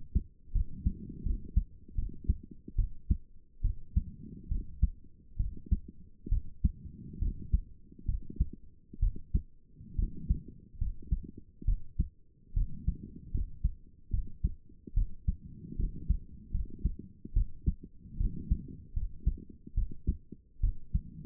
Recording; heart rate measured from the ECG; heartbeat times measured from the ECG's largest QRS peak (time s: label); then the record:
heart sounds by stethoscope; 72 bpm
0.52 s: heartbeat
1.23 s: heartbeat
1.95 s: heartbeat
2.75 s: heartbeat
3.61 s: heartbeat
4.48 s: heartbeat
5.37 s: heartbeat
6.29 s: heartbeat
7.19 s: heartbeat
8.05 s: heartbeat
8.99 s: heartbeat
9.96 s: heartbeat
10.78 s: heartbeat
11.65 s: heartbeat
12.54 s: heartbeat
13.31 s: heartbeat
14.10 s: heartbeat
14.94 s: heartbeat
15.76 s: heartbeat
16.51 s: heartbeat
17.33 s: heartbeat
18.17 s: heartbeat
18.93 s: heartbeat
19.74 s: heartbeat
20.60 s: heartbeat
From the record:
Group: healthy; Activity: cold pressor test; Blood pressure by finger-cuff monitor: 137/76 mmHg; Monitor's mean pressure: 95 mmHg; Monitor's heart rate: 72 bpm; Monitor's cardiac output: 6.8 L/min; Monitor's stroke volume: 93 mL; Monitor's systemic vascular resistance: 1030 dyn s/cm5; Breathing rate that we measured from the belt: 21 breaths a minute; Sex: female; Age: 22 years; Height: 154 cm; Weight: 58.7 kg